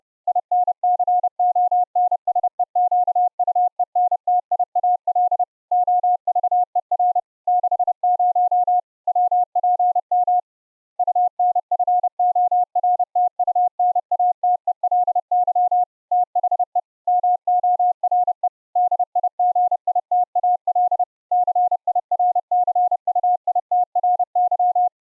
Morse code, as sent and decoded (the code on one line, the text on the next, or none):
.. -. -.-. --- -. ... . --.- ..- . -. - .. .- .-.. / --- ...- . .-. / -.... ----- / .-- .--. -- / ..- -. ..-. --- .-. - ..- -. .- - . .-.. -.-- / - .... . / -- --- .-. . / -.. .. --. .. - .- .-.. / -.-. .. .-. -.-. ..- .. - .-. -.--
INCONSEQUENTIAL OVER 60 WPM UNFORTUNATELY THE MORE DIGITAL CIRCUITRY